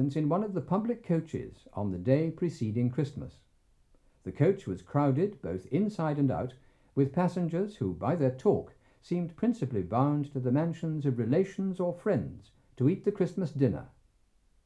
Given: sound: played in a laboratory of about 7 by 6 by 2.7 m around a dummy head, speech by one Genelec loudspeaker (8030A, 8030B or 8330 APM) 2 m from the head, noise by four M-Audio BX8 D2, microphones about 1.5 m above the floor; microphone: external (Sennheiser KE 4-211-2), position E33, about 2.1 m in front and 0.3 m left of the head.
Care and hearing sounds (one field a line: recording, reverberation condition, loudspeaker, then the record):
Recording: male speech in English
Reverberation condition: low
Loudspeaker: in front (0 degrees)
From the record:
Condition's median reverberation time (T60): about 310 ms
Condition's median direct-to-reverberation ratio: about 3.5 dB